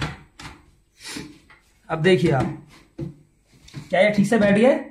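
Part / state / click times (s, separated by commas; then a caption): cooling fan into its mounting slot on the motherboard or cooler / not seated / none. A computer cooling fan is set into its mounting slot on the motherboard or cooler, with short thuds at about 0.0, 0.4, 3.0 and 3.7 seconds while someone talks. Nothing has seated or clicked yet: the fan does not sit in its mount because it was fitted the wrong way round, with the screw holes not lining up, so it has to be turned over.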